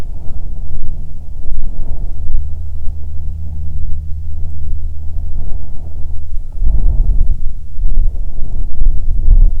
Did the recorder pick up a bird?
no